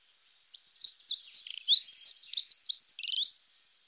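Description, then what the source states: Dunnock delivering a single fast, scratchy-sweet jingle of high notes for about three seconds before falling silent. Birds from Germany, Austria and Switzerland.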